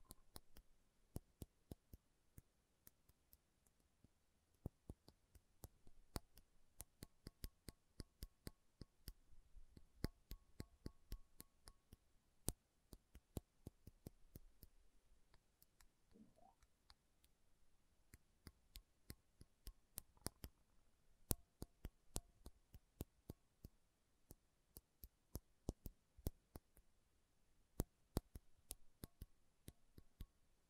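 Slow tapping on metal, made of sharp, bright clicks and ticks scattered unevenly through the whole half minute, sometimes in quick clusters, sometimes with brief gaps. A faint low hum sits underneath, and a short rising tone appears around sixteen seconds.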